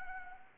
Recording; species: mosquito wingbeat signal from an infrared sensor; Anopheles arabiensis